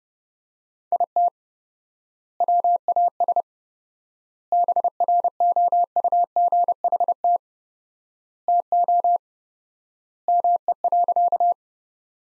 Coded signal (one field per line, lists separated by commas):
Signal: Morse code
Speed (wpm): 32 wpm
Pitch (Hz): 700 Hz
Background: none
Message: IT WAS BROUGHT TO ME.